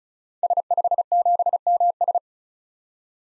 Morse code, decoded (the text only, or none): S57MS